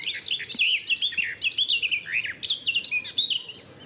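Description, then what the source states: Garden Warbler singing a fast warble of mellow, slurred notes that rise and fall. Singing bird eyeing the recordist suspiciously; song similar to a blackcap's but louder to the recordist; recordist paused inside a cattle trough.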